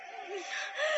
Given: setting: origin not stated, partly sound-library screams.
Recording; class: one-second piece from a danger detection set; woman in danger